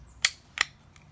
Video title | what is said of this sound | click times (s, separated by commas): Field strip and assembly of a Smith & Wesson 9mm SD9VE | you'll hear it click that's | 0.2 s